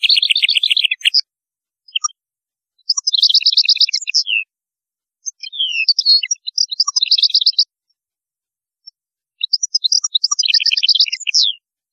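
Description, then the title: European goldfinch song: several sparkling twittering phrases of rapid chirps and trills, with pauses between. "Chant Chardonneret"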